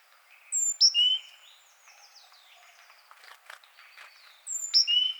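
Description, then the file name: Great tit calling: a brief burst of sharp, high, sliding notes, then soft twitters and a few tapping clicks, before a similar burst returns near the end. "Parus major"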